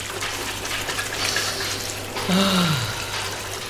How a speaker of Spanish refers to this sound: Clamaba Pedro Zavala mientras sus manos apretaban la incoercible y fresca columna de agua del surtidor, y cayó de bruces, la cara entre el brocal, en donde el agua, coronada de espumas, rebosaba y huía cantarina.